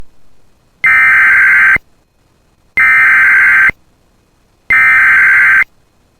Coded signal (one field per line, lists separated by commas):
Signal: Emergency Alert System (SAME) tones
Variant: header bursts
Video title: [EAS] Severe Thunderstorm Warning for Bemidji MN (June 24, 2024)